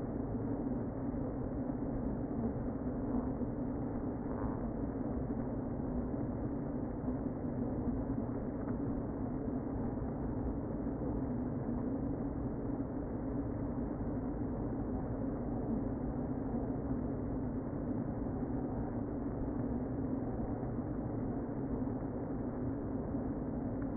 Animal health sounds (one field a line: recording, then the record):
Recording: honeybee colony, microphone inside the hive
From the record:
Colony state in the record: queen present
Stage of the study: before two queens were removed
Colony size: about 60,000 bees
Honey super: yes